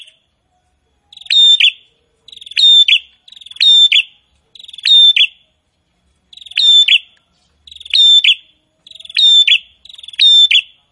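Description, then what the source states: Prinia delivering eight sharp buzzy phrases after a short silence, each a clipped trill with a bright accented ending, roughly one per second. Prinia song described as gacor (vigorous, nonstop singing).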